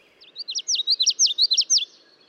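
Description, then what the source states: Common Yellowthroat song: a quick series of several high, slurred phrases in rapid rhythm. Male with a black mask flitting from stem to stem, singing with a voice many times his size.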